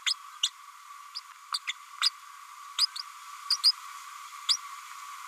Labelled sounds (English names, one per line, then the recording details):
Green-rumped Parrotlet babbling
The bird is a female
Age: 31 days
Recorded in a nest box in Venezuela
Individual 17B102A5